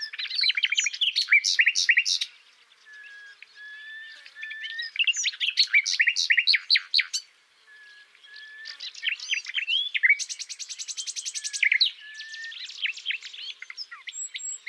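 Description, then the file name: Common nightingale song in long phrases of clicks, whistles and harsh trills, including a high, very rapid rattle. "Luscinia megarhynchos"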